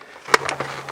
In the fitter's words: that snap and